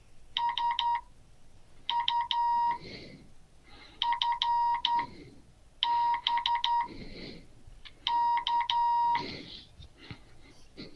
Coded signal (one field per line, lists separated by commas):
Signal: Morse code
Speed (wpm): 11 wpm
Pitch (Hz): 950 Hz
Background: none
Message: S U F B K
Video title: Morse code class 2023-02-06